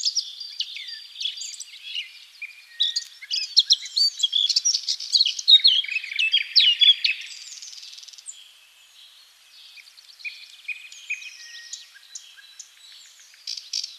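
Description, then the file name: Eurasian blackcap song, a rich warbling run of varied whistled and chattering notes, loudest in the middle, fading into softer twittering, then brief notes again at the end. "Sylvia atricapilla"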